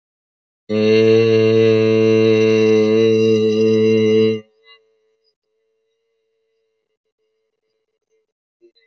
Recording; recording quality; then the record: sustained vowel as in made; excellent, no background noise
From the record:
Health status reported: healthy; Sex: male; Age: 33 years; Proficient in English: yes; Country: India